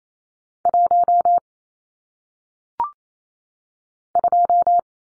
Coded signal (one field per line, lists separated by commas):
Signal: Morse code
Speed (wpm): 28 wpm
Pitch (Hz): 700 Hz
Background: none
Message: 1 2